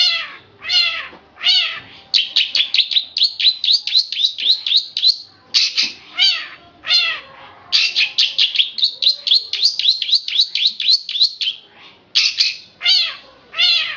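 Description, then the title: Oriental magpie-robin song with clear descending whistles alternating with fast rattling runs of chirps, loud throughout with brief gaps. Recording over an hour long. "Kicau Kacer"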